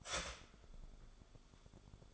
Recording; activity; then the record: daily activity, microphone in the room; start toaster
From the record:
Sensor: 5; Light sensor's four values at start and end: 14/34/13/12 and 15/34/13/12